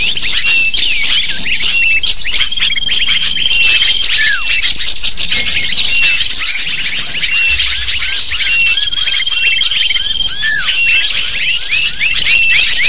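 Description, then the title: Lovebird flock sound, densely layered shrill chirps and squeaks repeating nonstop, several long whistled notes threaded through. Used as a lure to attract lovebirds. "PIKAT BURUNG LOVEBIRD"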